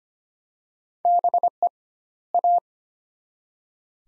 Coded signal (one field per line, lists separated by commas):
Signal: Morse code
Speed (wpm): 25 wpm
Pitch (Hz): 700 Hz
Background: none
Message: BE A